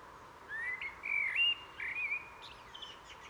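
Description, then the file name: Common blackbird singing one mellow, warbling phrase that climbs and wavers for under two seconds, followed by faint higher notes over low background noise. "Turdus merula"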